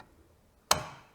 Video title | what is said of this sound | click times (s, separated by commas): Miter Saw Station Upgrade: Milwaukee 6955-20 Miter Saw - 355 | you heard it click forward right so basically right here is a | 0.7 s